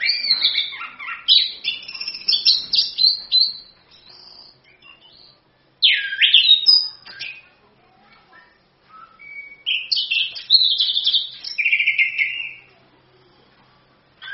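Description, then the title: Orange-headed thrush delivering long varied song phrases of whistles, slurred notes and chatter, separated by pauses. Singing loudly and continuously; used as a lure to prompt other birds to sing. "ANIS KEMBANG GACOR, ANIS KEMBANG NGEROL, PANCINGAN ANIS KEMBANG BIAR BUNYI"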